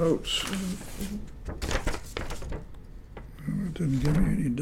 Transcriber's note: paper shuffling sound